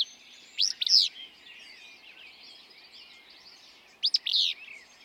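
Willow flycatcher singing a sharp, buzzy phrase twice, about three seconds apart, over faint background bird chatter.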